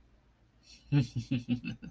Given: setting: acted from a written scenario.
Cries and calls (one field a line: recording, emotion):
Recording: vocal sound without words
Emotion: contempt